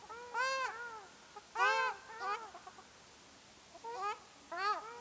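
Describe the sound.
Ruddy shelduck loud, ringing nasal honks, single and paired calls with brief pauses between, against a quiet background.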